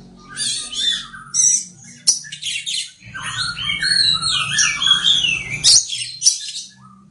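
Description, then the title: Oriental magpie-robin singing a rich, varied phrase of whistles, sweeping notes and scratchy twitters that rise and fall, with brief pauses between bursts over a low background hum. "Kacer"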